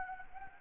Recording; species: mosquito wingbeat signal from an infrared sensor; Anopheles arabiensis